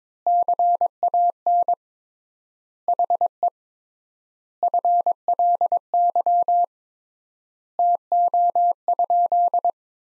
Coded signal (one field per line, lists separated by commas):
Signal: Morse code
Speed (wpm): 23 wpm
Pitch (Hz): 700 Hz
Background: none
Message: CAN HE FLY TO?